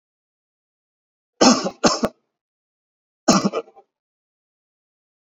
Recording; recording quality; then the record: shallow voluntary cough; excellent, no background noise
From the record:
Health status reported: healthy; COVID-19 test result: negative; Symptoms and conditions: none ticked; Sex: male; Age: 33 years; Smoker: not ticked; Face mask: worn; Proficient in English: yes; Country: India